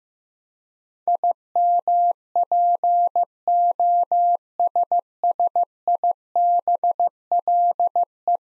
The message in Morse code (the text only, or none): IMPOSSIBLE